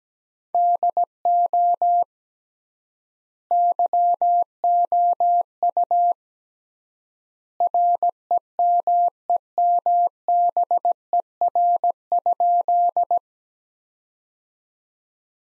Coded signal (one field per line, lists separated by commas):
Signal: Morse code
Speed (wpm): 17 wpm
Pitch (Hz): 700 Hz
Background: none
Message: DO YOU REMEMBER?